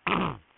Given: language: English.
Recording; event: throat vibration sensor signal played as sound; throat clearing